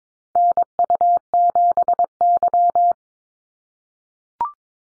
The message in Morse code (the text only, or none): NU7Y